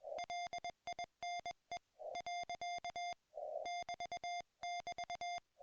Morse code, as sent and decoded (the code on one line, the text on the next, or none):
.-.. .. -. . / .-.-.- / -...- -...-
LINE . <BT><BT>